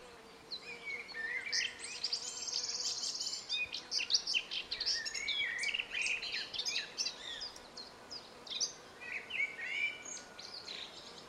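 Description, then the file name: Eurasian blackcap warbling song, a dense run of quick varied chirps and whistled notes, high and continuous. "Sylvia atricapilla"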